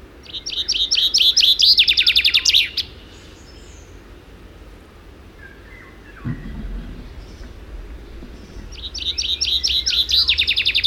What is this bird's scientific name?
Fringilla coelebs